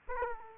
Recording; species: mosquito wingbeat signal from an infrared sensor; Aedes aegypti